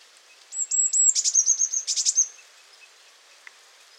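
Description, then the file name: Eurasian blue tit call: thin high whistled notes followed by a buzzy rattling churr, over faint background hiss and one soft click. "Cyanistes caeruleus"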